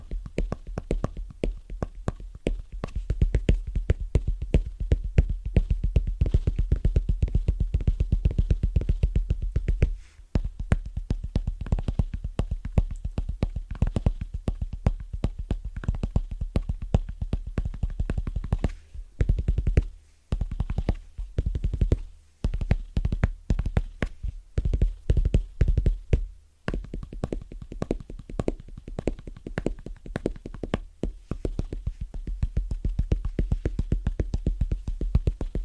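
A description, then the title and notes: Fast, rhythmic tapping on different surfaces, a dense run of quick strikes with a deep, thumping low end. The pace stays busy throughout, broken by brief pauses near 10, 20, 22 and 26 seconds, and the tone shifts slightly as surfaces change. ASMR Fast & Rhythmic Tapping On Different Surfaces (No Talking).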